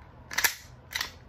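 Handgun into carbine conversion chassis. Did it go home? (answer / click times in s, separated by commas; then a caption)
no / none. A Glock 21 (.45 ACP) pistol is pushed into an MCK Gen 2 carbine conversion kit chassis to lock it back in. Two bursts of sharp, bright clicks are heard, one around 0.3–0.5 s and another around 1.0 s, but neither is the lock. The pistol has not seated or locked into place yet.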